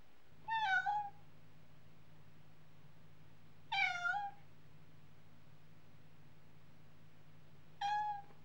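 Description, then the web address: Domestic cat meowing: three drawn-out, slightly falling meows spaced about three to four seconds apart, over a steady low hum. "BBC Sound Effects Library. Mog Cat Meowing"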